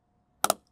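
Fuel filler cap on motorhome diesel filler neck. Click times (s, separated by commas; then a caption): 0.4 s, 0.5 s. A diesel fuel filler cap on a motorhome is screwed onto the filler neck until its ratchet clicks. Two sharp, bright clicks sound at 0.5 and 0.5 seconds against a faint steady hum, followed by a very soft tick. The clicks show the cap is tight and ready to go.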